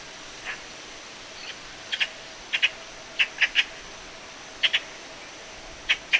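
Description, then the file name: Eurasian magpie harsh calls: short, dry chak notes, often in pairs, spaced irregularly throughout over a steady hiss. "Pica pica"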